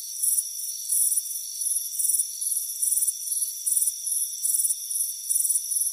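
Crickets chirping in repeated bright, high bursts over an unchanging high hum.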